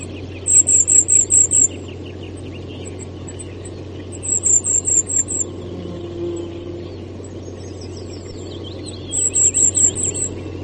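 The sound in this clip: Goldcrest song, three bursts of high, thin, rapidly cycling notes a few seconds apart, over lower twittering notes and a steady background hum.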